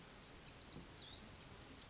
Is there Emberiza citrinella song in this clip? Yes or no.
no